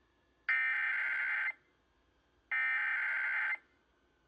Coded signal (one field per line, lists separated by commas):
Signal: Emergency Alert System (SAME) tones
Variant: header bursts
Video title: EAS: Long Island RMT on WALK 97.5 (12/4/2025) #emergencyalertsystem #longisland #longislandny #eas